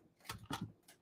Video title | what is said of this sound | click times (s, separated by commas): Makeover Monday: Transforming a Simple Sunday Card - Fall Leaves Cardmaking Tutorial" | so it kind of Clicks in place | 0.3 s, 0.5 s